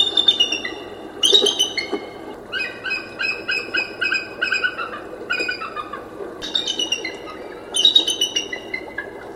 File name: Bald Eagle